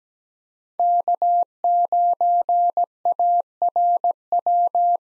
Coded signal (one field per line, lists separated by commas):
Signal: Morse code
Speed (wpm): 17 wpm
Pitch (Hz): 700 Hz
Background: none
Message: K9ARW